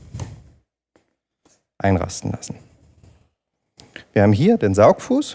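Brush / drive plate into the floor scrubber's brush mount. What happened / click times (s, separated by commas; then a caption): The brush plate snapped onto its drive / 0.2 s. The second counter-rotating brush (drive plate) of an i-mop floor cleaning machine is mounted on the other side of the scrubber's brush mount with a small swing and snaps into place, with a click at 0.2 s. After a brief pause, someone talks.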